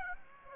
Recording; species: mosquito wingbeat signal from an infrared sensor; Aedes aegypti